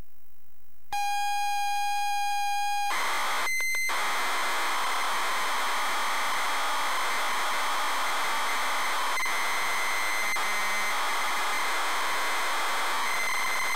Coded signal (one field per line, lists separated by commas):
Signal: ZX Spectrum tape loading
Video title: ZX Spectrum New Zealand Story